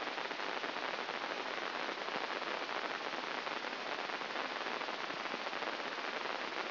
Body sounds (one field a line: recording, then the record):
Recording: brain microelectrode recording played as sound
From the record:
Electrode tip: inside the subthalamic nucleus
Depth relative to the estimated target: -2 mm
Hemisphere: left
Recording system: AlphaMap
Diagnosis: Parkinson's disease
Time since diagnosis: 15 years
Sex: female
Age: 68 years